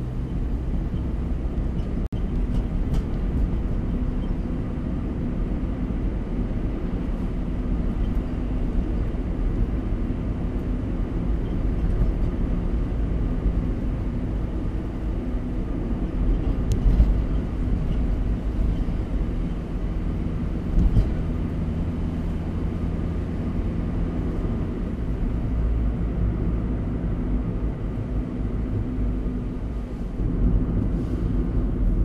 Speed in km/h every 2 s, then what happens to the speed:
48, 50, 53, 53, 53, 53, 55, 53, 55, 56, 56, 56, 56, 53, 50, 44.
0-22 speeds up to 56. 22-32 slows to 44.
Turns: none.